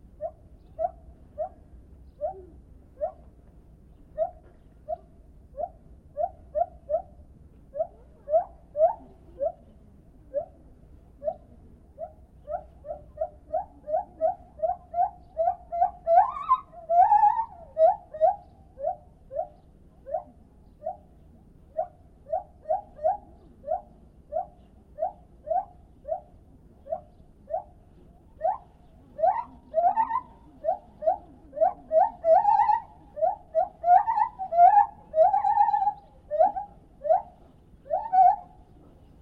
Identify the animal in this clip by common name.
Lar Gibbon